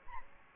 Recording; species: mosquito wingbeat signal from an infrared sensor; Aedes albopictus